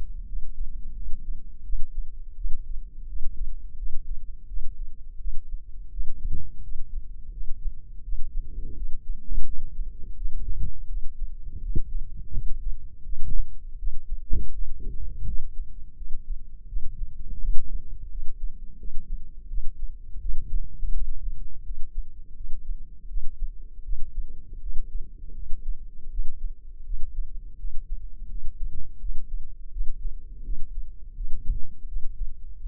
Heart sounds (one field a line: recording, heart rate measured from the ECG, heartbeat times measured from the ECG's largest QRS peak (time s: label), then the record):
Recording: heart sounds by microphone in the left ear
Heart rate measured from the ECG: 83 bpm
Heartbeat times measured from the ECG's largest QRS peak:
0.26 s: heartbeat
0.94 s: heartbeat
1.63 s: heartbeat
2.35 s: heartbeat
3.07 s: heartbeat
3.77 s: heartbeat
4.47 s: heartbeat
5.18 s: heartbeat
5.90 s: heartbeat
6.62 s: heartbeat
7.31 s: heartbeat
8.03 s: heartbeat
8.75 s: heartbeat
9.44 s: heartbeat
10.15 s: heartbeat
10.87 s: heartbeat
11.60 s: heartbeat
12.32 s: heartbeat
13.03 s: heartbeat
13.77 s: heartbeat
14.52 s: heartbeat
15.25 s: heartbeat
15.95 s: heartbeat
16.67 s: heartbeat
17.39 s: heartbeat
18.10 s: heartbeat
18.78 s: heartbeat
19.48 s: heartbeat
20.19 s: heartbeat
20.92 s: heartbeat
21.64 s: heartbeat
22.35 s: heartbeat
23.07 s: heartbeat
23.83 s: heartbeat
24.60 s: heartbeat
25.34 s: heartbeat
26.09 s: heartbeat
26.84 s: heartbeat
27.58 s: heartbeat
28.29 s: heartbeat
28.99 s: heartbeat
29.70 s: heartbeat
30.43 s: heartbeat
31.15 s: heartbeat
31.86 s: heartbeat
32.60 s: heartbeat
From the record:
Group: healthy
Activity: rest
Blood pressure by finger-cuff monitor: 153/83 mmHg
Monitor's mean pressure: 101 mmHg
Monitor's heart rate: 83 bpm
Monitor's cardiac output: 8.3 L/min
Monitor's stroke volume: 99 mL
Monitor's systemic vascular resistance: 900 dyn s/cm5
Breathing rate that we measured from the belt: 20 breaths a minute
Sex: male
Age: 57 years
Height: 188 cm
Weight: 106 kg